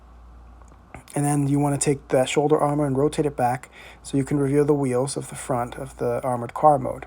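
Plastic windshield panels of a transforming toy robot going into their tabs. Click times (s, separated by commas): 0.9 s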